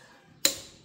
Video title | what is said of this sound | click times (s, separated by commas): Impact Wrench VS Torque Multiplier, ano ang mas sulit pang tanggal ng gulong | Kapag nag-click na, ibig sabihin 90 foot-pounds na siya. | 0.5 s